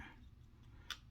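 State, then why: Not seated. An action figure's head is pushed onto its plastic neck joint, with a quiet low hum underneath and a single brief sharp tap at about 0.9 seconds. The head keeps popping off and isn't seated right; nothing has clicked into place yet.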